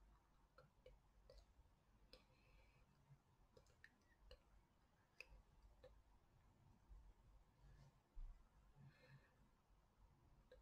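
Quiet brushing over a face, with sharp irregular clicks and taps every second or so over a soft, low rumble.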